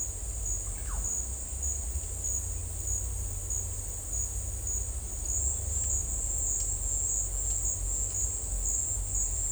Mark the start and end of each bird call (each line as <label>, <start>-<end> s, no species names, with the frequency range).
bird call (0.8-2.4 kHz), 0.60-1.04 s